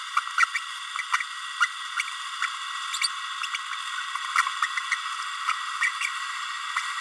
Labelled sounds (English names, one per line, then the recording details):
Green-rumped Parrotlet babbling
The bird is a female
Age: 30 days
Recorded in a nest box in Venezuela
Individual 17B32A7